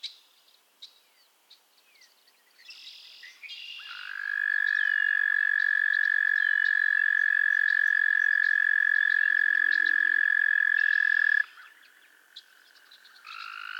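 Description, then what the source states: Frog trill, a long steady high buzzing note held unbroken for about seven seconds, with fainter clicks and other calls above it and quiet gaps before and after. Chorus of frogs calling to one another on a summer evening at Miners Marsh, Annapolis Valley, Nova Scotia.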